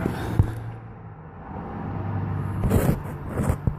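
A heater hose quick-connect fitting on a GM heater core, lubricated with WD40, is pushed hard onto the heater core pipe over a low rumbling background, with a sharp tap at 0.4 s and a longer scraping push at about 2.6 s. At 3.7 s a short, sharp click is heard as the fitting's internal clips expand around the pipe's ring, and the fitting is seated.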